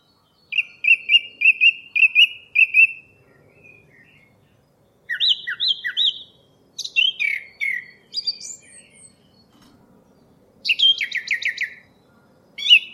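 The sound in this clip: Song thrush song: a clear note repeated several times in quick succession, then a run of differing phrases, some repeated, of whistles and scratchy twitters.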